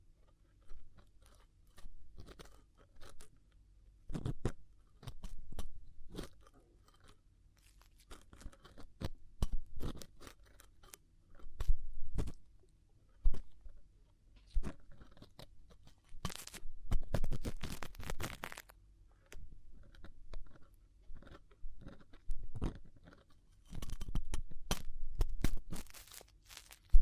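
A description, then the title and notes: Ear cleaning: dry scratching and crackling scrapes come in short clusters every second or two, with a few louder bursts of rapid crackle around the middle. Between them it drops to near silence over a faint low hum. ASMR Chinese Ear Cleaning for Stress Relief (No Talking).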